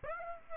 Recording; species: mosquito wingbeat signal from an infrared sensor; Aedes aegypti